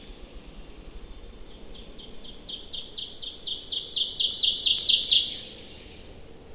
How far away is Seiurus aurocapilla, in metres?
about 10 m